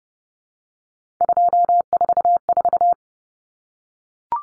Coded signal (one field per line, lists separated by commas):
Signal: Morse code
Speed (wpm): 30 wpm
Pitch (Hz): 700 Hz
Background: none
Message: 244